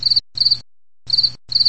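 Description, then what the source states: Cricket chirping: four short, ringing high chirps, each a quick cluster of three or four pulses, in pairs with brief silent gaps. Single cricket, short close ringing chirp.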